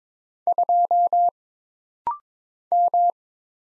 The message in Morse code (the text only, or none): 2 M